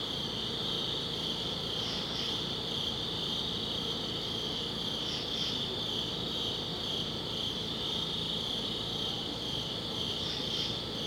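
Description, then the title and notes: Steady cricket chorus, a high continuous trill, with three sets of paired brighter chirps spread through, plus faint low background noise. Crickets outdoors at a summit at dusk. "Ext. Summit Crickets, Dusk by Bandeto"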